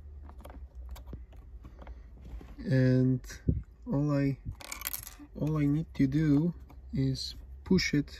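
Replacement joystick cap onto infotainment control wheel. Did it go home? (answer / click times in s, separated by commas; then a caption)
no / none. A replacement plastic joystick cap for an Audi MMI infotainment control wheel (A4, A5, Q5, A6, Q7 repair kit) is placed and centred on the wheel before being pushed home. Small, light taps of handling noise sound near 0.3–1.9 s and in a cluster around 4.6–5.1 s while someone talks. Nothing has clicked or seated yet; the cap is only lined up in the middle.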